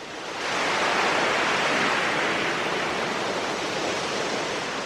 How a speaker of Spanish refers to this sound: Cierren durante un minuto los ojos y simplemente escuchen. ¿Sienten las olas del Cantábrico?